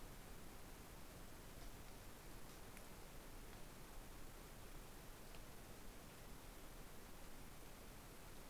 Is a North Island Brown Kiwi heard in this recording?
no